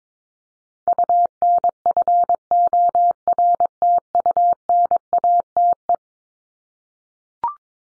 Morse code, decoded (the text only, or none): UNFORTUNATE